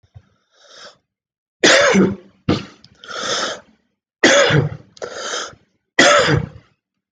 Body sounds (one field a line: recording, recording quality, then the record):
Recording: heavy voluntary cough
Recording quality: excellent, no background noise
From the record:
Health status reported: COVID-19 positive, mild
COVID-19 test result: positive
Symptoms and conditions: cough, fatigue, muscle pain, loss of smell and taste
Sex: male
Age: 27 years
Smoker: not ticked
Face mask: not worn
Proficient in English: yes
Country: India